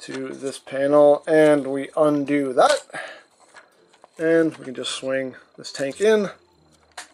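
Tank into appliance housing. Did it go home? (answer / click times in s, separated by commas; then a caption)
yes / 7.0 s. A tank is swung into its appliance housing while someone talks, with a few faint clicks around 3.9–4.0 seconds. At 7.0 seconds there is one sharp, loud hit as the tank snaps into place and seats.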